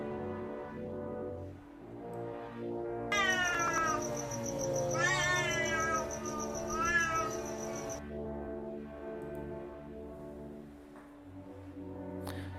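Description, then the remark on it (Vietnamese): A cat darting out of bushes in daytime lets out long, eerie yowls, wavering high-pitched cries that rise and bend over a steady low hum, loud in the middle before fading back to the drone. “May thay lúc đó, từ trong bụi rậm phóng ra một con mèo. Nó kêu lên một tiếng nghe rùng rợn, mặc dù là đang giữa ban ngày.”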